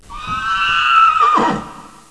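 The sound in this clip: Horse whinny: a long, high, quavering call that holds steady, then drops away at the end, with low breathy sounds beneath.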